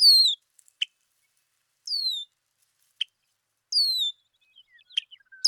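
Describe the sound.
Red-winged blackbird mixing high downslurred whistles with scattered sharp chips and a few soft, faint notes between them.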